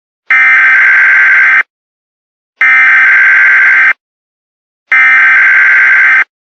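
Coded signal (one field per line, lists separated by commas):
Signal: Emergency Alert System (SAME) tones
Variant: header bursts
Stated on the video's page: Simulated mock flash flood warning for Wichita.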